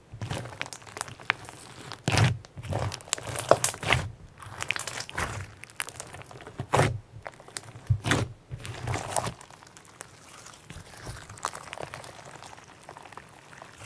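Sponge slime being squeezed and pressed makes irregular crackling, squishing bursts with wet crinkles and pops. Sharp louder squelches land near 2, 7 and 8 seconds, and the sound thins to softer, sparser crackles after about 9 seconds.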